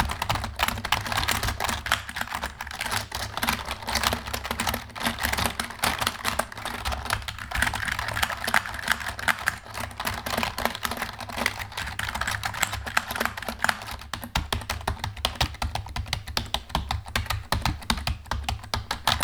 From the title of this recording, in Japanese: キーボードの音…高速タイピング